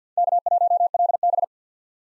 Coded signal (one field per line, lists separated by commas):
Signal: Morse code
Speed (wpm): 50 wpm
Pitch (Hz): 700 Hz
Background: none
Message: K1LB